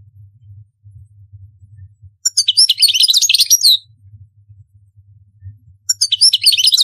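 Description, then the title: Goldfinch delivering two bursts of high, jangling twittered song, the first about a second and a half long, the second starting near the end. "Chant Chardonneret"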